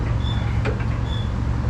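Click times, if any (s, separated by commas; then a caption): 0.7 s. A metal brake caliper guide pin is slid back into the caliper bracket from the bottom while the rear brakes are being replaced on a 2011 Ford F150 4x4 pickup truck. A sharp snap at 0.7 s stands out over a steady low hum. The pin snaps into place and is seated.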